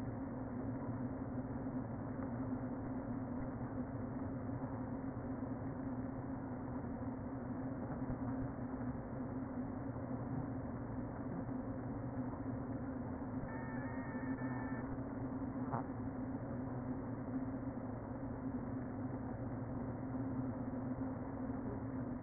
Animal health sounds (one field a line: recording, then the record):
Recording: honeybee colony, microphone inside the hive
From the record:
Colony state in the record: queen present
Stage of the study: before two queens were removed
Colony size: about 60,000 bees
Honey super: yes